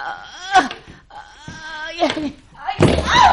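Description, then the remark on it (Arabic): An elderly blind woman trips over her own foot and falls: strained, wavering cries rise twice, then a loud crashing thud hits, followed by a muffled clatter and a pained voice. “قوم يا حاجة هاتي ايدك. رجلي كعبت.”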